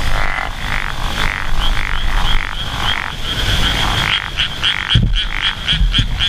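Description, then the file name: Japanese wrinkled frog calling in a run of grating croaks, joined later by sharp clicks, over low rumbling noise and a thin high whine. "tsuchigaeru"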